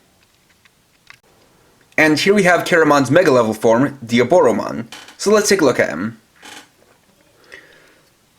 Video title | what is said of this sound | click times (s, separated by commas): Digivolving Spirits 03 Diaboromon Review (Digimon Adventure) | Make sure they just click into place. | 0.7 s, 1.1 s